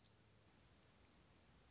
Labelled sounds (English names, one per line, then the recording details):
Orange-crowned Warbler
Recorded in Sonoma County, California